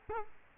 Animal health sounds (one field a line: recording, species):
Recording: mosquito wingbeat signal from an infrared sensor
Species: Culex quinquefasciatus